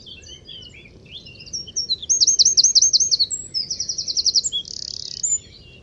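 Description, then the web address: Bird song opening with soft high chirps, then two rapid rolling trills and a short buzzy burst, over a low background hum. "Deverinetal 2025 File origin Bird Only"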